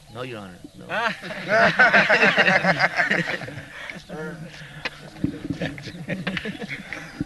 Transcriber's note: laughter